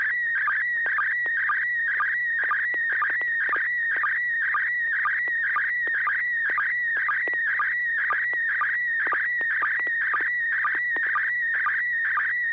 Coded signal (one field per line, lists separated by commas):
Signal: SSTV (slow-scan television)